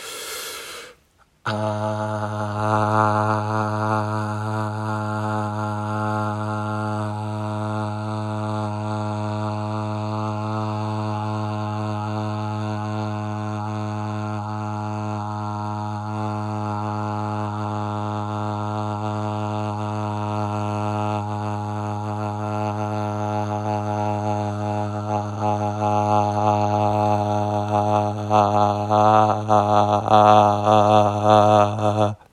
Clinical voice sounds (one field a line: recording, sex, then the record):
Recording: sustained vowel /a/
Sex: male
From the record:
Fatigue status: no fatigue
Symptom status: asymptomatic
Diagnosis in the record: COVID-19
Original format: m4a